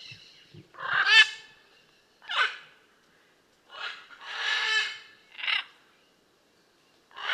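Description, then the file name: Blue-and-yellow macaw screeching loudly, with several harsh, grating squawks, some drawn out and rasping. "Blue and yellow Macaw Ara ararauna"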